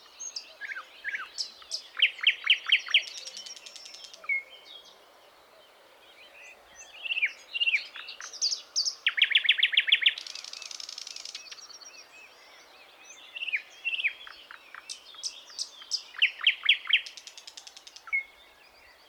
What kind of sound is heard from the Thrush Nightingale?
song